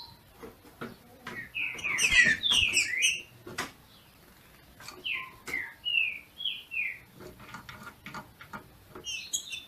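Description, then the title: Green-winged saltator delivering a busy burst of whistled notes, then a slower series of falling whistles, over steady clicks and taps. Female singing in male style to stimulate the male. "FÊ MEA DE TRINCA FERRO MACHEANDO PARA ESQUENTAR O MACHO"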